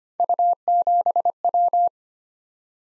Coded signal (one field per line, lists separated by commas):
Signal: Morse code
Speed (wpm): 25 wpm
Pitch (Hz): 700 Hz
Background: none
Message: U7W